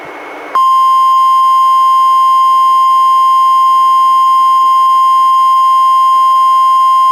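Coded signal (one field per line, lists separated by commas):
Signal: Emergency Alert System (SAME) tones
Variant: 1050 Hz attention tone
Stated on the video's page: NWR required weekly test relayed by NOAA Weather Radio station, received on a Reecom R-1630 weather radio, audio recorded directly via Zoom H1.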